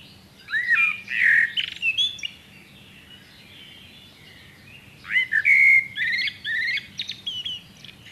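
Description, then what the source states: Common blackbird singing two phrases a few seconds apart, each with rich fluty warbling notes that run into thin, high, scratchy twittering. Nominate subspecies Turdus merula merula.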